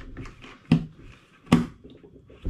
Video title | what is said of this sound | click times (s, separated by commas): Home Brew: Making a Blackcurrant and Rhubarb Cider at 8.7% ABV | from the Rich's fermentation bin and this will snap into place | 0.7 s, 1.5 s